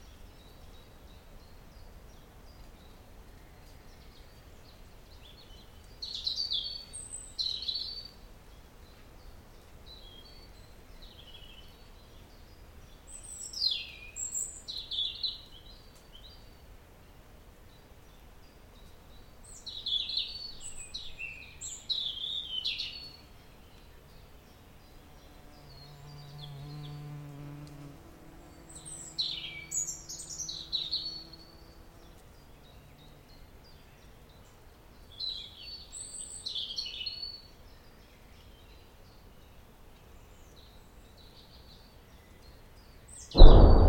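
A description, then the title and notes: A spring dawn chorus: bright bird phrases arrive in short bursts every five to seven seconds against near-silent air. Around the middle, a low distant drone swells and fades, and a sharp knock ends the recording. Just a regular spring dawn chorus. Recorded on the 2019 Mindful Audio field recording expedition to Transylvania.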